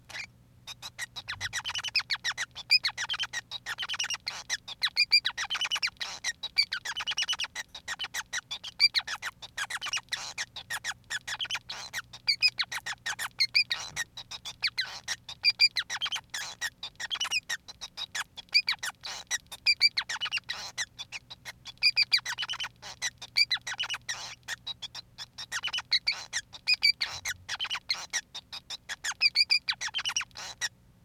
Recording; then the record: song of a male Bengalese finch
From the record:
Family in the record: son of father 5